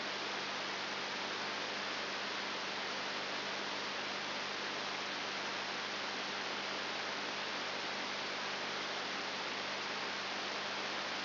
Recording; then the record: brain microelectrode recording played as sound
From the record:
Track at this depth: outside the subthalamic nucleus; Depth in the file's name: 5.7 mm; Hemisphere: left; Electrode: 3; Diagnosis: Parkinson's disease